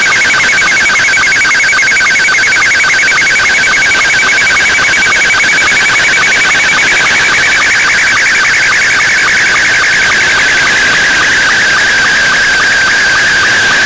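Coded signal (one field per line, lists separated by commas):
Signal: SSTV (slow-scan television)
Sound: rapid warbling tone flipping high and low, with regular short low sync blips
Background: radio static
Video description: Here is the latest Radio Northern Ireland SSTV image received with my Icom IC-R9500 on 15770Khz shortwave at approx. 21:25 UTC on July 30 2016.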